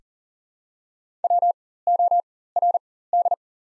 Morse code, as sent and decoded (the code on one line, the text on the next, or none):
.-- --- .-. -..
WORD